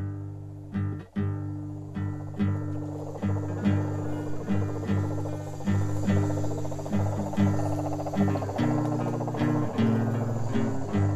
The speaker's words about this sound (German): In der Nacht halten mich die Gesänge der Kröten unten am Fluss noch lange wach.